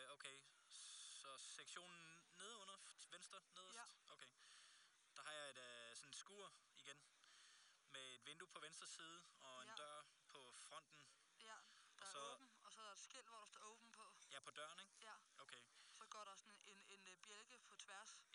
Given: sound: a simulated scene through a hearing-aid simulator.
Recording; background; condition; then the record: conversation; quiet; 65 dB SPL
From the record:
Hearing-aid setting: I (fast-acting compression, audibility-based gain); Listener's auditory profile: A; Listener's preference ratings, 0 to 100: 79, 29, 41